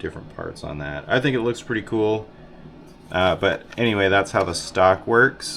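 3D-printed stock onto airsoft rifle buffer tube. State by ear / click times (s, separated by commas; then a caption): not seated / none. Someone talks throughout while handling a 3D-printed stock, printed on a carbon fiber plate, about to slide onto the buffer tube of an airsoft M4 rifle. It is meant to snap over and lock into place, though it doesn't lock very well. Nothing has seated or clicked yet in this clip.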